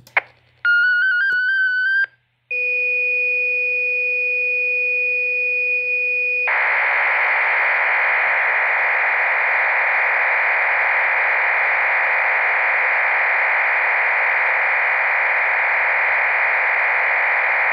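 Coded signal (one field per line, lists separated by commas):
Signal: MT63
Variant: MT63-2K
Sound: short tones and steady hum, then continuous wide rushing hiss-like data sound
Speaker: running mt360 mt 632k and we're about to send a message here so here we go let's see what we get all right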